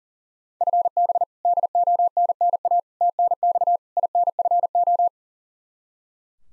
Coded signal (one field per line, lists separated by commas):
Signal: Morse code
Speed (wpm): 40 wpm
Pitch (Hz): 700 Hz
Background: none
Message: FB DONNA TNX INFO